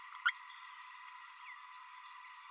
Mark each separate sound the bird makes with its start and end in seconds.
0.25-0.31